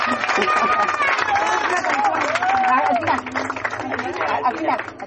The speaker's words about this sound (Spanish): Bueno, a todos ellos y a todos los chicos de la banda de los Chepibes, un aplauso bien fuerte, hay futuro.